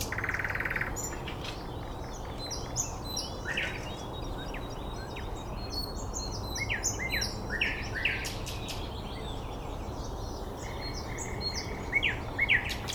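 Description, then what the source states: Birds singing: a short buzzy burst, then soft, high chirps and twitters scattered through steady background noise. Recorded 9 May 2014 at 06:39.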